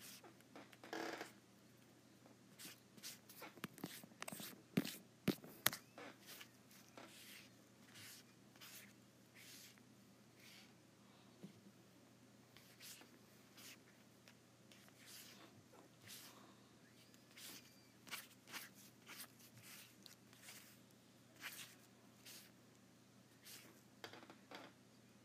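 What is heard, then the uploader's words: An Apple Pencil taps and scratches across an iPad screen in short, irregular clicks and brief scraping strokes. The taps come in clusters, busiest around five seconds and again near twenty-two, with quieter gaps between. A steady low hum sits underneath throughout. ASMR Apple Pencil on iPad.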